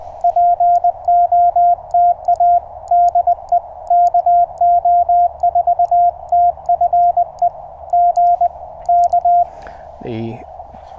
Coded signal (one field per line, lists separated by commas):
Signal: Morse code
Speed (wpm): 20 wpm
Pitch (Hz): 700 Hz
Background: speech, radio noise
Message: POTA DE KO4TFE G K